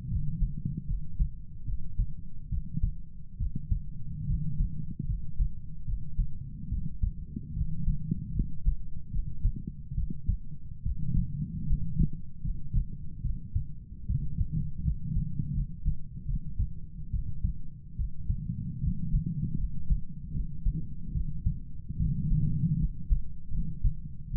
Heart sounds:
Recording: heart sounds by stethoscope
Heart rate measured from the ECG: 74 bpm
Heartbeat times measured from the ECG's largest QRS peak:
0.09 s: heartbeat
0.87 s: heartbeat
1.66 s: heartbeat
2.50 s: heartbeat
3.39 s: heartbeat
4.27 s: heartbeat
5.07 s: heartbeat
5.86 s: heartbeat
6.70 s: heartbeat
7.54 s: heartbeat
8.34 s: heartbeat
9.12 s: heartbeat
9.96 s: heartbeat
10.84 s: heartbeat
11.66 s: heartbeat
12.43 s: heartbeat
13.22 s: heartbeat
14.07 s: heartbeat
14.83 s: heartbeat
15.54 s: heartbeat
16.27 s: heartbeat
17.12 s: heartbeat
17.97 s: heartbeat
18.81 s: heartbeat
19.57 s: heartbeat
20.33 s: heartbeat
21.13 s: heartbeat
21.98 s: heartbeat
22.78 s: heartbeat
23.51 s: heartbeat
24.32 s: heartbeat
From the record:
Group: healthy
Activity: cold pressor test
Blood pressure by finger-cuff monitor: 115/58 mmHg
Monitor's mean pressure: 76 mmHg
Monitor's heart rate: 75 bpm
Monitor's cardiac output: 7.5 L/min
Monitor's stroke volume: 102 mL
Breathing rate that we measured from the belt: 16 breaths a minute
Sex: female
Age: 22 years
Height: 160 cm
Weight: 63 kg

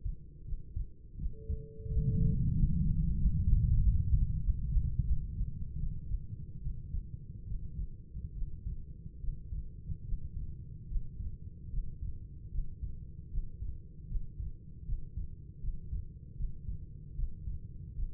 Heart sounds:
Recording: heart sounds by stethoscope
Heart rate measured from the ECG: 79 bpm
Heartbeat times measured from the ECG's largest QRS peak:
0.44 s: heartbeat
1.17 s: heartbeat
1.89 s: heartbeat
2.55 s: heartbeat
3.18 s: heartbeat
3.80 s: heartbeat
4.42 s: heartbeat
5.05 s: heartbeat
5.78 s: heartbeat
6.61 s: heartbeat
7.46 s: heartbeat
8.34 s: heartbeat
9.19 s: heartbeat
10.04 s: heartbeat
10.87 s: heartbeat
11.69 s: heartbeat
12.50 s: heartbeat
13.29 s: heartbeat
14.07 s: heartbeat
14.84 s: heartbeat
15.59 s: heartbeat
16.35 s: heartbeat
17.14 s: heartbeat
17.95 s: heartbeat
From the record:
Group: healthy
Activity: rest 0-2 s, Valsalva maneuver 2-18 s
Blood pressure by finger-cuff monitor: 95/58 mmHg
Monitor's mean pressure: 70 mmHg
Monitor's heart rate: 77 bpm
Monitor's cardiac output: 6.6 L/min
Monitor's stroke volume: 81 mL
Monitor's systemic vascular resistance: 750 dyn s/cm5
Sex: female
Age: 26 years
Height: 165 cm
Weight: 55 kg

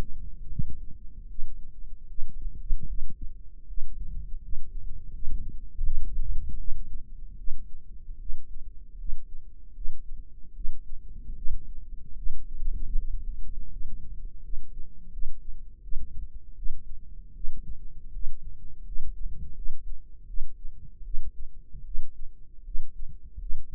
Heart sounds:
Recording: heart sounds by microphone in the right ear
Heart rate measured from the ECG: 79 bpm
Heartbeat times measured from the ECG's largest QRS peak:
0.47 s: heartbeat
1.26 s: heartbeat
2.06 s: heartbeat
2.85 s: heartbeat
3.65 s: heartbeat
4.40 s: heartbeat
5.11 s: heartbeat
5.82 s: heartbeat
6.56 s: heartbeat
7.35 s: heartbeat
8.17 s: heartbeat
8.96 s: heartbeat
9.72 s: heartbeat
10.52 s: heartbeat
11.34 s: heartbeat
12.14 s: heartbeat
12.94 s: heartbeat
13.68 s: heartbeat
14.40 s: heartbeat
15.09 s: heartbeat
15.80 s: heartbeat
16.54 s: heartbeat
17.32 s: heartbeat
18.10 s: heartbeat
18.83 s: heartbeat
19.53 s: heartbeat
20.25 s: heartbeat
21.02 s: heartbeat
21.82 s: heartbeat
22.62 s: heartbeat
23.37 s: heartbeat
From the record:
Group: healthy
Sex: female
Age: 19 years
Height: 163 cm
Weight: 51 kg

